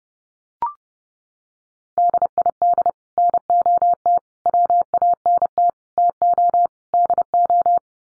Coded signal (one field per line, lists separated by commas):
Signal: Morse code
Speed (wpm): 30 wpm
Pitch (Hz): 700 Hz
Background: none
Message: DID NOT WANT TO DO